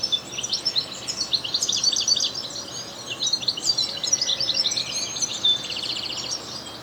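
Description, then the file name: European goldfinch song, continuous rapid tinkling twitter with liquid chirps and a short buzzy trill toward the end. "Carduelis carduelis"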